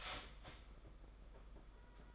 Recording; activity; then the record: daily activity, microphone in the room; start toaster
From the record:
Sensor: 5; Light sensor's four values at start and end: 32/108/40/43 and 32/108/40/43